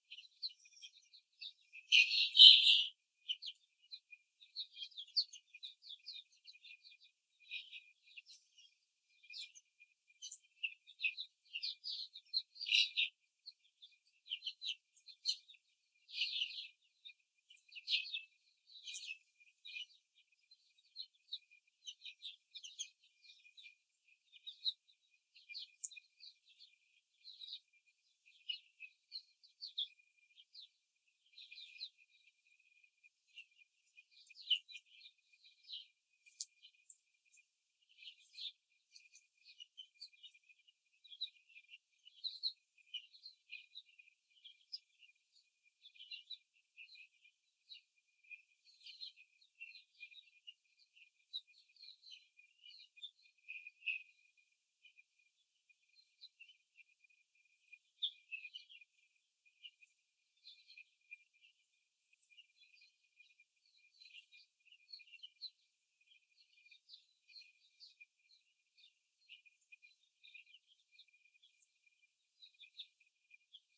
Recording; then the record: young laying hens in a cage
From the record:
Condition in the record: before the stressor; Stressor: simulated dog barking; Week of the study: 3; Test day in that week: 2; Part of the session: 2